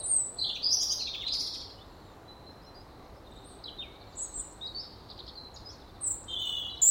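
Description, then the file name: European robin song, sparkling high-pitched phrases of warbles and thin slurred whistles, several short bursts separated by pauses, with faint background hiss. "Erithacus rubecula"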